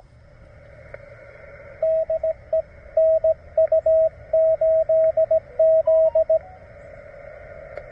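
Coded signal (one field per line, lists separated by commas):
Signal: Morse code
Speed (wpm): 17 wpm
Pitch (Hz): 690 Hz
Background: radio noise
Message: DE NU8Z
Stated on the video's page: CW park activation on a vertical antenna, battery powered.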